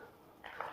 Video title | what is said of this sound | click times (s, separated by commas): "You'll shoot your d*ck off!" | it goes and clicks back into place | 0.5 s, 0.6 s